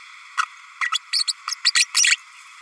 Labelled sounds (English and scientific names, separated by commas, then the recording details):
Green-rumped Parrotlet (Forpus passerinus) babbling
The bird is a female
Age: 32 days
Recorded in a nest box in Venezuela
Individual 17B32A5